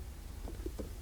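A steel valve cover bolt rests on the threaded hole in the cylinder head of a 2008 Pontiac Grand Prix GXP with the LS4 5.3L engine and is turned backwards, as if loosening, to find the thread start so it will not cross-thread. Only faint, soft handling taps are heard over a low steady background, around 0.5 s and 0.8 s. Nothing has dropped into the thread or clicked yet, and the bolt has not gone home.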